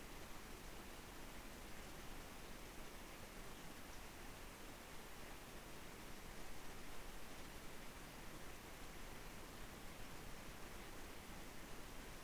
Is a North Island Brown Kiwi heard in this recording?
no